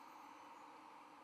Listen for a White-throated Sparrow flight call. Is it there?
no